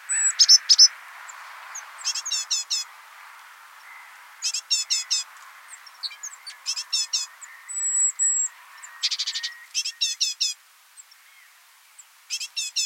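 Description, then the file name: Great tit calls, several bursts of quick high chattering notes in groups of three to five, with thin whistles and a brief buzzy rattle mixed in. "Parus major"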